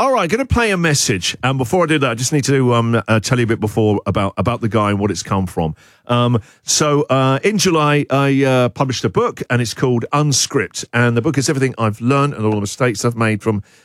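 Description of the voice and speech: An adult man, a radio host, speaks in a clear, mid-pitched voice at an easy conversational pace, with only short pauses and a brief 'um' as he introduces a message and mentions a book. Speech is fluent with normal voice quality, in a typical radio presenting style.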